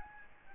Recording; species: mosquito wingbeat signal from an infrared sensor; Aedes albopictus